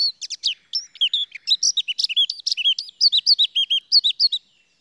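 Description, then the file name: Eurasian blackcap song, a rapid fluty warble of high whistled and slurred notes, sweet phrases tumbling quickly one after another without pause. "Sylvia atricapilla"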